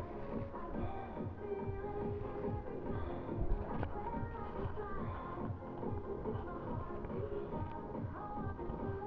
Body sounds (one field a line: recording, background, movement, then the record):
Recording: deep breathing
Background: music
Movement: sitting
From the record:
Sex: male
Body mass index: 23.7 kg/m2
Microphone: on the chest, facing the body